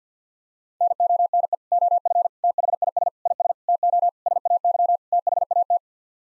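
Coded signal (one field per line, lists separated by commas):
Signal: Morse code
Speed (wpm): 50 wpm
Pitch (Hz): 700 Hz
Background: none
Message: NONE OF THIS IS TO SAY THAT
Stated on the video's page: Head-copy drill of sets of seven-word n-grams sent in Morse at 50 wpm.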